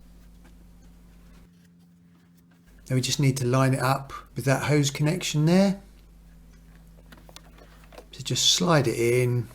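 A plastic filter unit of a Dyson DC33 vacuum cleaner, being refitted after cleaning for maximum suction, is lined up with the vacuum's hose connection before being slid in. Someone talks, and between the words small contact noises are heard around 6.8 to 8.0 seconds. Nothing has clicked or seated yet.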